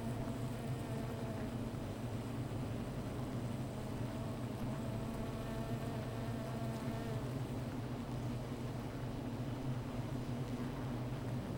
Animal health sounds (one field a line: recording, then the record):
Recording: honeybee colony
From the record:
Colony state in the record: missing queen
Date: 14 July 2017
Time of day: 15:29